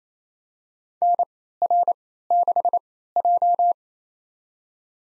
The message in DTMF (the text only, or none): none